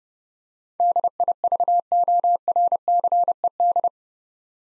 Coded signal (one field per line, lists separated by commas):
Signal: Morse code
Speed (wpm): 32 wpm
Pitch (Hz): 700 Hz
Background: none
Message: DIVORCED